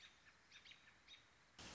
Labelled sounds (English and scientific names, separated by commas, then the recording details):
American Robin (Turdus migratorius)
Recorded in Sonoma County, California